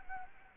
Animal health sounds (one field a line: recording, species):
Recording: mosquito wingbeat signal from an infrared sensor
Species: Anopheles gambiae